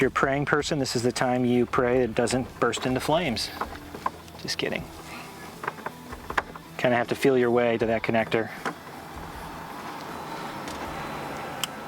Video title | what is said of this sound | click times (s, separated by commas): Installation - 2015-2025 Ford F-Series Parking Lights Adapter for Headlights - Starkey Products | and it's clicked into place we're all set | 11.6 s